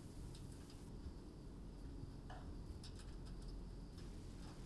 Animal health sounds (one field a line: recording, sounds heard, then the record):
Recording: poultry house recording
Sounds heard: no chicken sound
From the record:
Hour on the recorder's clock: 21